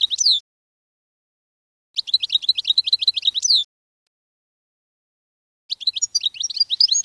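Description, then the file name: Canary song heard as three separate bursts of quick, repeated high chirps and trills, split by long stretches of silence. "Canary Voice"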